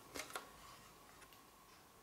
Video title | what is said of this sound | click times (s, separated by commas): JEEG ROBOT D'ACCIAIO - USCITE N°18 E N°19 | dobbiamo pressarle fino alla fine Ecco qua sentirete uno scatto | 0.4 s